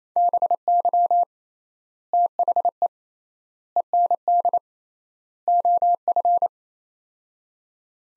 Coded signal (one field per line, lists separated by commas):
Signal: Morse code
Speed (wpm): 28 wpm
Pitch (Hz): 700 Hz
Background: none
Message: BY THE END OF